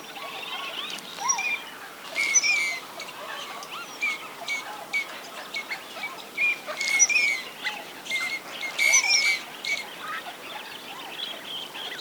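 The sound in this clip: Teal giving short whistled calls, many overlapping thin chirps and high piping notes in irregular bursts, several birds calling together over a steady hiss of background noise.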